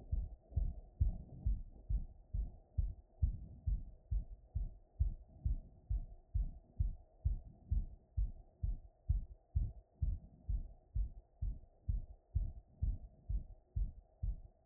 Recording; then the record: heart sounds by stethoscope after running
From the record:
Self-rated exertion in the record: light exertion (2 of 6); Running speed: 7 mph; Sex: male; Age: 37 years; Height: 174 cm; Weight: 76 kg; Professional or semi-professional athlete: no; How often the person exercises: over 5 times a week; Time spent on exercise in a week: over 5 hours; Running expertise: yes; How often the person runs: 3 to 5 times a week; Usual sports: running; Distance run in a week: 70 km